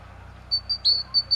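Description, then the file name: Great tit uttering brief high piping notes around one sharp downslurred note, a quick little phrase over low background hum. "Parus major"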